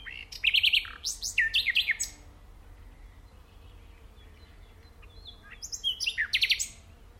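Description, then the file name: Common nightingale song in two bursts: a run of sharp, rapidly repeated notes and whistles, a pause of several seconds, then another quick varied phrase. "Luscinia megarhynchos"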